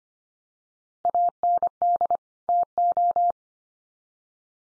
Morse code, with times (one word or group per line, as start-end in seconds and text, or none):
1.1-2.2 AND
2.5-3.3 TO